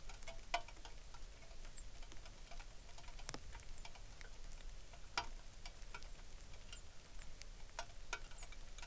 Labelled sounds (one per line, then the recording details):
songbird
rain
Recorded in the Arctic National Wildlife Refuge, Alaska, on 3 August 2019
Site 33